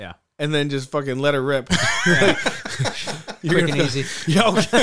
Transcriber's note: laughing